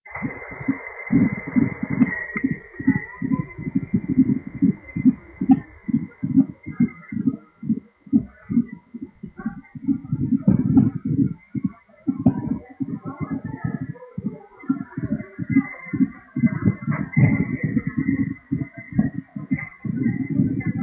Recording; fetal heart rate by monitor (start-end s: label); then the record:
fetal heart sounds by stethoscope on the mother's abdomen
0.00-10.00 s: 138 bpm
10.00-20.00 s: 132 bpm
From the record:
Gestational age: 34 weeks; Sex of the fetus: girl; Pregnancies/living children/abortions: 3/0/2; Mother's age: 42 years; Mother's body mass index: 31.6